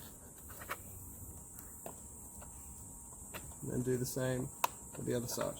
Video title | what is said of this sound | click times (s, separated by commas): Focus RS mk3 / LZ ST Steering wheel replacement step by step by OEM Denied Performance | and that bit will click in and then | 0.7 s, 1.6 s